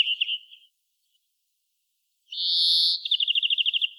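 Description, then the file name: European greenfinch with a short twitter, a silent gap, then a harsh drawn-out wheeze leading straight into a quick rattling trill. "Chloris chloris"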